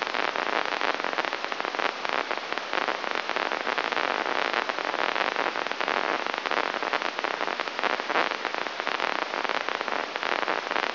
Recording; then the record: brain microelectrode recording played as sound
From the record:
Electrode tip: inside the subthalamic nucleus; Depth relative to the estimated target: -3 mm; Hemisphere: right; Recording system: AlphaMap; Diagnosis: Parkinson's disease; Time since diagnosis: 24 years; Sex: male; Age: 67 years